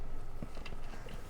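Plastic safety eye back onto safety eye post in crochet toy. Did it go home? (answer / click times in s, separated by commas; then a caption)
no / none. A plastic safety-eye washer (back) is being handled and pushed toward the eye's post inside a crocheted amigurumi toy, with soft rustling and a brief sharp tick around 0.7 s. The clip ends before the back goes home, so nothing has seated or clicked yet.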